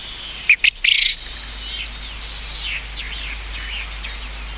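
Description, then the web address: Japanese quail uttering a sharp, grating three-part call early on, then background chatter of other birds continues. "sikioto. uzura"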